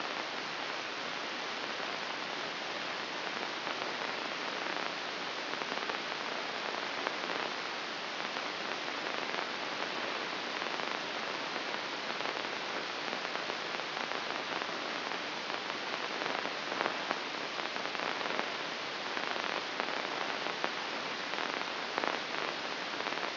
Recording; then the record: brain microelectrode recording played as sound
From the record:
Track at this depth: inside the subthalamic nucleus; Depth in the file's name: 1.949 mm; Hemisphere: right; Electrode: 2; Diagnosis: Parkinson's disease